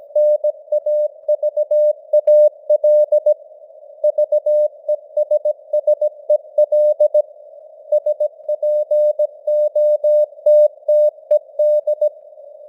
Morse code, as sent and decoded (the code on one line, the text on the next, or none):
-. .- ...- .- .-.. / ...- . ... ... . .-.. / ... .--. --- - - . -..
NAVAL VESSEL SPOTTED